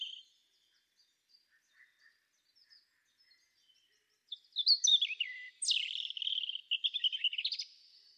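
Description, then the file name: European robin song: soft, scattered high notes at first, then a loud tumbling phrase of thin sliding whistles and quick trills in the second half. "Erithacus rubecula"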